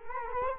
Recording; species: mosquito wingbeat signal from an infrared sensor; Culex quinquefasciatus